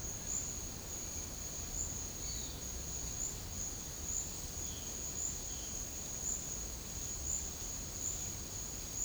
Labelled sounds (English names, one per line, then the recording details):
none
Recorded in pastures near Puerto Asís, Putumayo, Colombia, on 13 March 2025 at 12:00
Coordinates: 0.502, -76.324
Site GP07